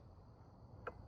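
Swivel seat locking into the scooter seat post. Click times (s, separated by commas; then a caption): 0.9 s. The swivel seat of a Kerdom 4-wheel mobility scooter is turned back to face forward after its lever underneath is pulled, and it latches into the seat post. Over a low background hum, a single sharp click sounds at 0.9 s as the seat locks in place.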